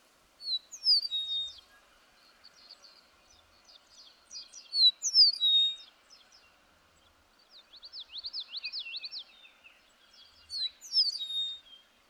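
Bird repeating lively warbled phrases of high chirps and sliding whistles every few seconds, one phrase made of a rapid series of steep sweeps.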